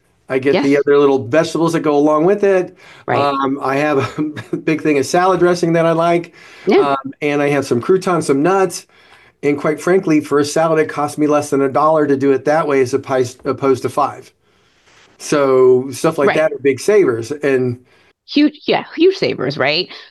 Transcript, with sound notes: I get the other little vegetables that go along with it.
Right.
Um, I have a (laughs) big thing of salad dressing that I like.
Yeah.
Um, and I have some croutons, some nuts. And quite frankly, for a salad it costs me less than a dollar to do it that way as oppice- opposed to five. So stuff like that-
Right.
... are big savers and-
Huge... Yeah, huge savers, right?